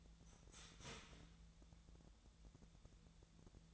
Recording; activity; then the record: daily activity, microphone in the room; start toaster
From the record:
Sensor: 3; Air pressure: 1000.2 hPa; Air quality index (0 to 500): 156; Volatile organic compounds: 3 ppm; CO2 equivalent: 1375 ppm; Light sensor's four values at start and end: 35/91/38/41 and 35/90/38/41